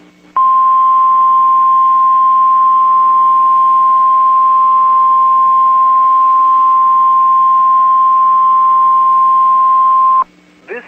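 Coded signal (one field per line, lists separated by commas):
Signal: Emergency Alert System (SAME) tones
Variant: 1050 Hz attention tone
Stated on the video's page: Mock Severe Weather Statement for a statewide tornado drill, relayed on NOAA Weather Radio by a National Weather Service office to all Wisconsin stations.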